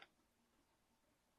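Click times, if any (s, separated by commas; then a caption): none. A metal quick-release shoe is handled at a tripod head clamp, giving one brief, sharp tick at the very start followed by quiet low-level noise. Nothing has seated or clicked into place yet.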